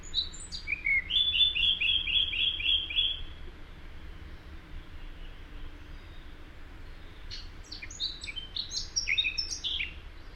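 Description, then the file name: Eurasian blackcap song: a brisk phrase of repeated slurred notes, then after a pause a second jumbled, scratchy warbling burst, over faint low background noise. "Sylvia atricapilla"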